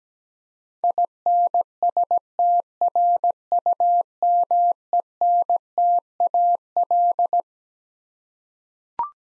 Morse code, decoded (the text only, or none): INSTRUMENTAL